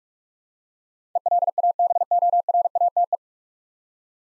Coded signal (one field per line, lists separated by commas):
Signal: Morse code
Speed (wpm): 46 wpm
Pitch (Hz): 700 Hz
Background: none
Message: ELABORATE